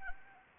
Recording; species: mosquito wingbeat signal from an infrared sensor; Anopheles arabiensis